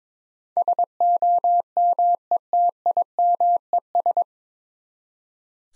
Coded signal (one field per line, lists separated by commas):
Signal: Morse code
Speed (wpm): 22 wpm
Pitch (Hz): 700 Hz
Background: none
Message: SOMETIMES